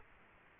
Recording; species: mosquito wingbeat signal from an infrared sensor; Culex quinquefasciatus